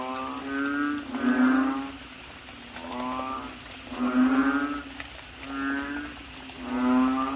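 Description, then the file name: Asian common toad croaks, droning and nasal, swelling and fading every second or so. "suara kodok bangkong"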